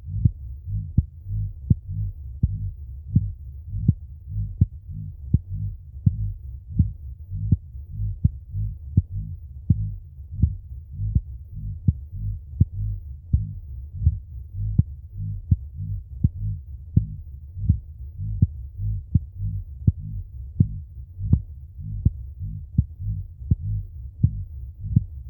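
Steady low thumping heartbeat at about 82 beats per minute, with a regular rhythm and a faint hum underneath. An ordinary adult heartbeat heard through a stethoscope.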